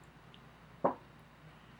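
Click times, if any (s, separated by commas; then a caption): 0.9 s. A numbered lathe chuck jaw for the other chuck is slid into its profile in the chuck body. A single sharp hit at 0.8 s follows a faint tick near 0.3 s, with quiet background otherwise. The jaw locks in place.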